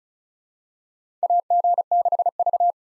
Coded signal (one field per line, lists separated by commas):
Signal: Morse code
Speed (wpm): 36 wpm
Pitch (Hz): 700 Hz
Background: none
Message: AG6V